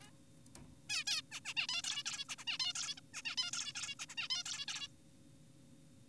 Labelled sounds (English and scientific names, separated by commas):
Zebra Finch (Taeniopygia guttata)